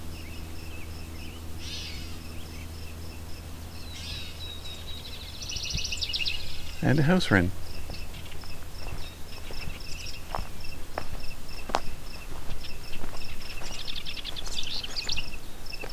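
A summer's day at Fletcher Creek Ecological Preserve in Flamborough, Ontario, with a steady, evenly pulsing insect buzz running high throughout. A low hum sits underneath for the first half, and scattered bird chirps and short clicks appear, with a sharp swooping call near seven seconds.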